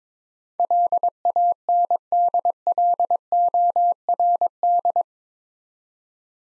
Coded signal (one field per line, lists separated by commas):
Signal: Morse code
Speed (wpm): 22 wpm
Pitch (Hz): 700 Hz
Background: none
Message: LANDLORD